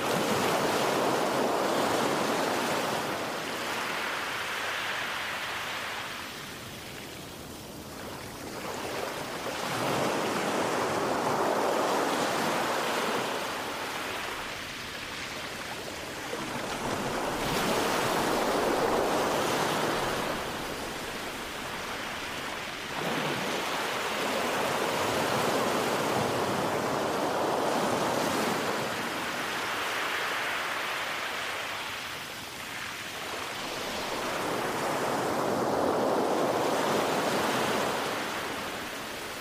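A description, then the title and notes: Ocean waves roll in steadily, each swell rising into a bright hiss and easing back, arriving about every six to seven seconds. Ocean Sounds For Meditation, Sleep, Focus Or Stress Relief.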